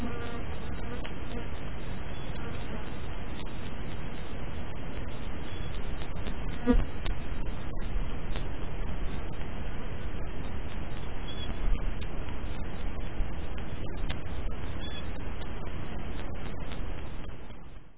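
Crickets chirping: a continuous high pulsing trill, steady and fast throughout, over a broad hiss of background noise.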